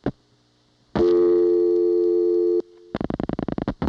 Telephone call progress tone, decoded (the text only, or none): dial tone